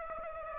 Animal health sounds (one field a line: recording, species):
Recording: mosquito wingbeat signal from an infrared sensor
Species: Aedes aegypti